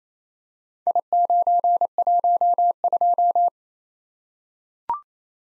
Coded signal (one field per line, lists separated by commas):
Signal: Morse code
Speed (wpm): 27 wpm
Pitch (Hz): 700 Hz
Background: none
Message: I912